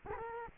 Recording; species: mosquito wingbeat signal from an infrared sensor; Culex quinquefasciatus